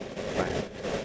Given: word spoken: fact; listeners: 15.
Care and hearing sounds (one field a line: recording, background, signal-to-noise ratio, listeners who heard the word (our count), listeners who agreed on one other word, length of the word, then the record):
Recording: one English word in noise, from a listening test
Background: noise modulated by three-talker babble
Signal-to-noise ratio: -5.2 dB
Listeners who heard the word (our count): 0 of 15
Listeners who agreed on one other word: 7 of 15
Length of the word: 0.65 s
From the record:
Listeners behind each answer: 7, 3, 1, 1, 1, 1, 1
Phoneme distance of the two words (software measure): 17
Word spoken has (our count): 1 syllable, 4 phonemes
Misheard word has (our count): 1 syllable, 3 phonemes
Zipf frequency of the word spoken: 5.45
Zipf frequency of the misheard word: 6.25